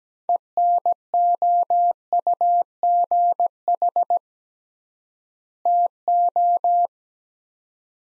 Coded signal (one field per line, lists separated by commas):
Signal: Morse code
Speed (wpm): 17 wpm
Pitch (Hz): 700 Hz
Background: none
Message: ENOUGH TO